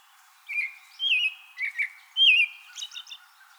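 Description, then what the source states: American robin song: slurred whistled phrases, rising and falling, delivered in a quick series, with a few higher thin notes near the end. Recorded 2020-04-24.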